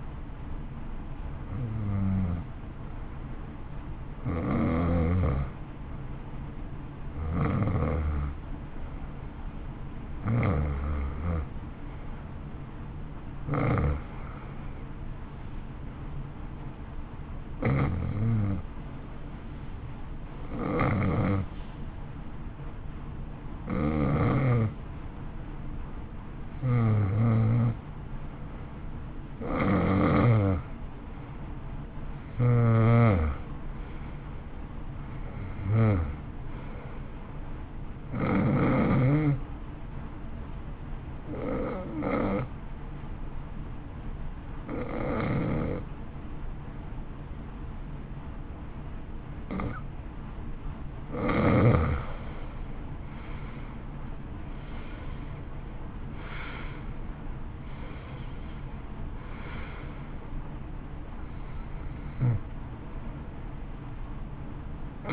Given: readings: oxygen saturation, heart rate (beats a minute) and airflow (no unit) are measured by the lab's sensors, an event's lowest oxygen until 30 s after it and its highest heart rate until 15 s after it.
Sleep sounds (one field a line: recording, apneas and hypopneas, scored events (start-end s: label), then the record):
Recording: breathing in sleep by a smartphone at the bedside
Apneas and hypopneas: 2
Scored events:
18.00-30.50 s: hypopnea (N2, oxygen 90% highest, then 87% lowest, heart rate 60 at the start, 63 highest)
40.00-51.40 s: hypopnea (N1, oxygen 90% highest, then 83% lowest, heart rate 62 at the start, 64 highest)
40.00-65.13 s: new sleep stage, N1 (lightest sleep)
From the record:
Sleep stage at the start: N2 (light sleep)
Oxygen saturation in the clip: 84 to 91%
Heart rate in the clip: 57 to 64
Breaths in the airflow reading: 19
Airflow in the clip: -15.8 to 13.0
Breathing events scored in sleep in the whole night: 328 in 6.3 hours asleep